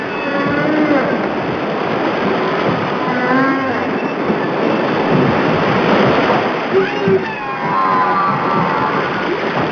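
Whale calls: low tonal moans and sweeping, upward-curving whistled units, some in quick stacked runs, heard over a continuous rushing background hiss.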